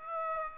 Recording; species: mosquito wingbeat signal from an infrared sensor; Aedes aegypti